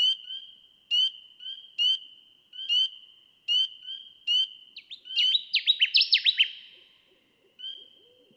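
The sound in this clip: Connecticut warbler singing one quick, emphatic run of repeated slurred notes near the end, after a long stretch of a continuous high tone with evenly spaced ticks.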